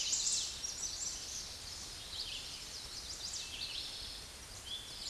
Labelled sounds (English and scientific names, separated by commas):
Red-eyed Vireo (Vireo olivaceus) song